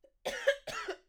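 An adult coughs twice in quick succession.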